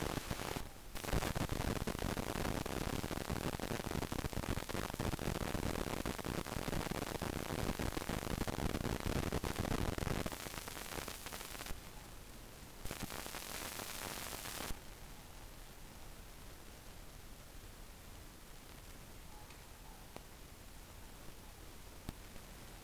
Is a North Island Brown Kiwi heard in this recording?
no